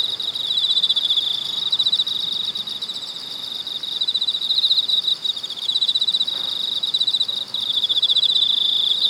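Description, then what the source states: High, shimmering cicada drone with fast pulsing texture, its loudness wavering in surges and short dips throughout. Cicadas recorded in China.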